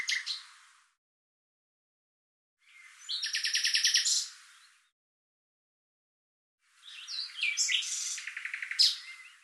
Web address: cianscape birddata Deverinetal 2025 Bird Lu Me Lu Me